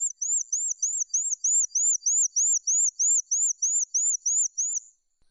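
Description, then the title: Horsfield's bush lark giving a steady, evenly spaced string of high, slurred, arching notes, roughly three per second, for about five seconds before stopping. "Suara Burung Branjangan"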